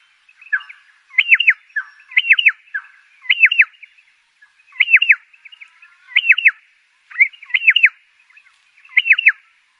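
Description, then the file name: Pardalote song: a steady series of brisk phrases of sharp descending notes, with faint chips between. "canto do pardalote"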